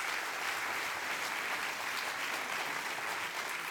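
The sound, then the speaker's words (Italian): A steady burst of audience applause for an author at a book presentation in Massagno in 2016, dense crackling hand claps from many people sustained evenly throughout, with no talking over it. “intanto vorrei che faceste un bel applauso per Simone Sarasso”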